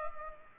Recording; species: mosquito wingbeat signal from an infrared sensor; Culex pipiens